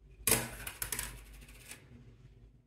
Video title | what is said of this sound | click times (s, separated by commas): How to Make 3D Printed Bearings | they are kind of loose when clicked in place but at the same time they will not fall out | 0.7 s, 0.8 s, 0.9 s, 1.0 s